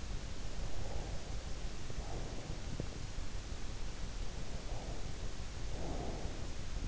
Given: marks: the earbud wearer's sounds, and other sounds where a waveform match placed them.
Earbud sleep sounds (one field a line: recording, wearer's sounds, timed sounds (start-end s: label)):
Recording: sounds in sleep by an in-ear microphone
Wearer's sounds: breath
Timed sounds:
0.27-3.00 s: breath
4.23-6.80 s: breath